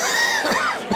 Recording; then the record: coughing mixed with background sound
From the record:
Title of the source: Spring Allergy Coughing